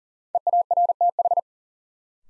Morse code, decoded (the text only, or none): EARTH